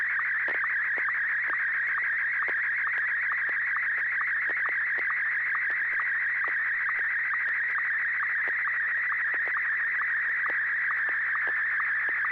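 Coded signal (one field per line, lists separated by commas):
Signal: SSTV (slow-scan television)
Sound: steady warbling high tone with quick regular low chirps, like a scanning image signal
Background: low hum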